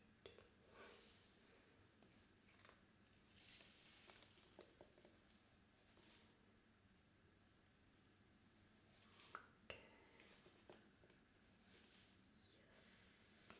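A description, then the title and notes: Nails being painted: soft, intermittent brushing and faint wet strokes come and go against a low steady hum. A couple of sharp little clicks land near the nine-second mark, and a brighter hiss rises in the final second. Painting My Nails.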